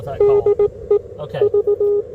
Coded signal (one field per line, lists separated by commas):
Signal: Morse code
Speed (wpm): 19 wpm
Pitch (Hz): 410 Hz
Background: speech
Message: DE V